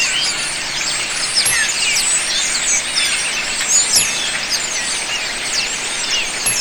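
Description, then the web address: Many birds chattering at once, a steady wash of high chirps and squeals overlapping without a break, with an occasional louder call standing out. A noisy flock of birds. "telaak. Flockof Noisy Birdsnew"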